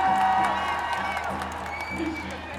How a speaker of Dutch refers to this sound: En jullie luisteren wel, dat is heel goed. Dus applaus voor jullie zelf.